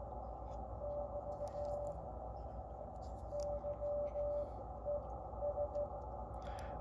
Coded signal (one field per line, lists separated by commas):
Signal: Morse code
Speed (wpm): 16 wpm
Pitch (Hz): 580 Hz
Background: none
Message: <BT> YES